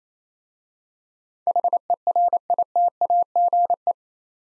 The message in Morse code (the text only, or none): HERITAGE